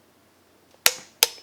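A torque wrench set to six tightens a cleat bolt into the sole of a cycling shoe. After near silence, two sharp, bright clicks ring out at 0.9 s and 1.2 s, each with a short metallic ring that fades. The wrench clicks at its setting, confirming the bolt is tightened.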